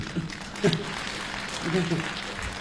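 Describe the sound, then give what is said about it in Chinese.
An audience at a xiangsheng (Chinese crosstalk) comedy performance claps steadily in a dense, continuous wash of applause, with a couple of brief voiced shouts or calls rising over it. “哎，有鼓掌的咱就说。”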